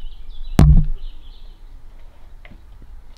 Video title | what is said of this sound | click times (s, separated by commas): FIXING & RESTORING a Stunning ROBERTS RFM3 Radio | everything about it watch this aerial now so i'm doing this one-handed but look watch this watch it click into place boom | 0.6 s